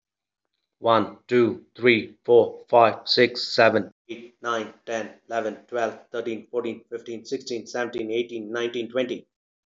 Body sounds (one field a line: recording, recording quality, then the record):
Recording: counting at a fast pace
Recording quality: excellent, no background noise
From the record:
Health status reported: healthy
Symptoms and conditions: cold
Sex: male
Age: 37 years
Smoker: yes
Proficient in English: yes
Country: India